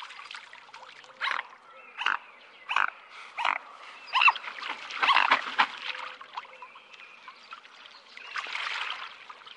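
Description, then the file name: Mute swan making a series of rough, nasal grunts and snorts, loosening into a hoarse, breathy call near the end. "Knolsvan"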